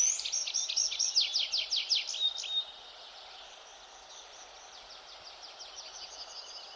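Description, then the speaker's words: Tree Pipit song: a loud run of rapid, repeated down-slurred high notes for about two and a half seconds, then a much softer series of similar notes. Sings intensively in pine monoculture forest and plantations, also during the day, seemingly more than around 5 a.m.; many birds present. "Natomiast posłuchajcie sobie świergotka drzewnego."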